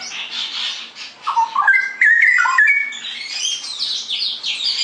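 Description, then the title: Straw-headed bulbul song, a warbling whistled phrase climbing then dropping, followed by high scratchy twittering. Tutoring song (masteran) for caged birds; rapid, continuous singing (ropel gacor). "mster Mnuk. Masteran Burung CUCAK ROWO. Cucak Rowo Ropel Gacor"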